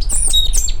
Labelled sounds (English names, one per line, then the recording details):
Stitchbird song
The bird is a male
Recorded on Tiritiri Matangi Island, New Zealand, in 2005
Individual 2, of nest box 2